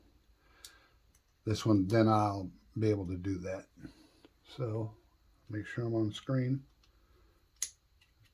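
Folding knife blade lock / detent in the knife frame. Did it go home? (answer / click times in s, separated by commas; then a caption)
yes / 7.6 s. During reassembly of a Hinderer XM-18 3.5 folding knife after a scale swap, the blade or lock is worked by hand while someone talks. A sharp metal click sounds at 7.6 s as the blade lock/detent seats into place in the knife frame.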